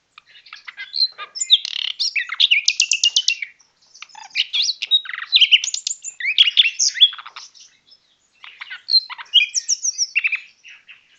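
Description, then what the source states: Common nightingale song in separate bursts of a few seconds each, mixing dry rattling trills, slurred whistles and quick notes, divided by short silences. Recorded on 22 March 2014.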